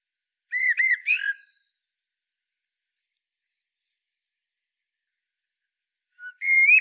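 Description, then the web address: Common blackbird giving a short burst of mellow whistled notes early on. After a long quiet gap, another rising fluty phrase begins just at the end. "SETE data Turdus merula"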